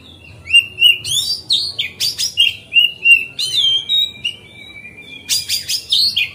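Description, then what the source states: Oriental magpie-robin song, continuous varied phrases of clear whistles, slurred notes and harsh chatters, with a long level whistle near the middle. Song tutoring (masteran), recorded on a terrace.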